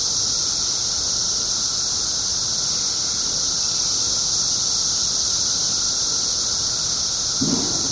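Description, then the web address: Periodical cicadas sing a continuous high, hissing drone, unchanging throughout, with low background rumble and a brief thump near the end. 17-year cicadas, recorded 21 June 2007 at 5:05 pm. "cicadas 6 21 07 5 ' 05 pm 17 yrcicada"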